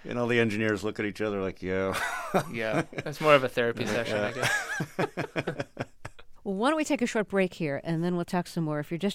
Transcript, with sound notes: And all the engineers look at each other like, yeah (laughter).
Yeah, that's more of a therapy session, I guess.
(LAUGHTER)
Well, why don't we take a short break here and then we'll talk some more?